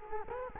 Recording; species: mosquito wingbeat signal from an infrared sensor; Culex quinquefasciatus